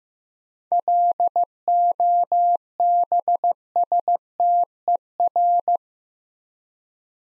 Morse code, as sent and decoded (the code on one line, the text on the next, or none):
.-.. --- -... ... - . .-.
LOBSTER